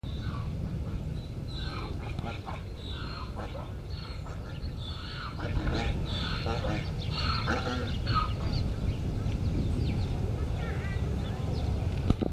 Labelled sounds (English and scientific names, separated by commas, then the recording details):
Onager (Equus hemionus) call
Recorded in captivity
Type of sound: call sequence
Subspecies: onager
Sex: female
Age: juvenile
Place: Tierpark Berlin, Berlin, DE
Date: 1974-09-28
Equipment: Uher 4200 Report Stereo, Sennheiser MD 421, Verstärker
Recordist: Tembrock, Günter
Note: Jungtier (dreiviertelwüchsig): Lautfolge, geht dann zur Mutter. Abstand: 15 m. Aufnahmezeit: 09.55-12.00 Uhr